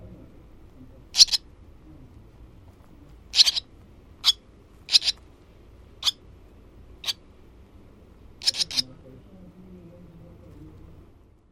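Barn swallow calls: short, sharp high chirps given singly or in quick groups of two or three at irregular intervals over a quiet background.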